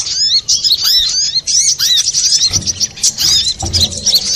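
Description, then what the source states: Little spiderhunter giving quick, piercing chirps and upslurred squeaks in an unbroken flurry, with two dull low knocks in the second half. Master recording for training cage birds.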